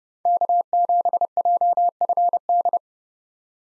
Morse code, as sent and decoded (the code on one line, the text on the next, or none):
-.- --... .--- ..-. -..
K7JFD